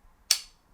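A hammer tacker's staple magazine is closed again and latches shut with a single loud, sharp click at 0.3 seconds. The click's bright high-frequency ring fades over about a quarter of a second into near silence. The magazine is seated.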